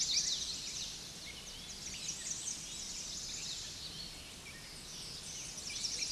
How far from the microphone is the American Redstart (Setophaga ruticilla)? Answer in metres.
about 70 m